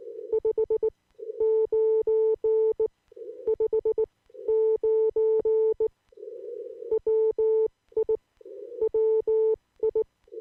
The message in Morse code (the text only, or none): 59 59 WI WI